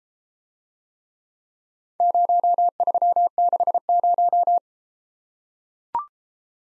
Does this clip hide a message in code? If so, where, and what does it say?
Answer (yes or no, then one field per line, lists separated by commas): yes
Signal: Morse code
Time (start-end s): 2.0-4.6 s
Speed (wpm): 33 wpm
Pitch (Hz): 700 Hz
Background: none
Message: 0360